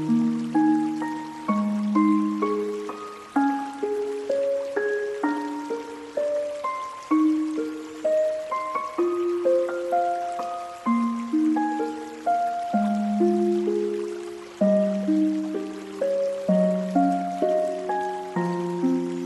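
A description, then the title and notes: Calm, low melodic notes change at an even, unhurried pace, each note fading gently, over a steady hiss of falling rain throughout. Relaxing music with the sound of water.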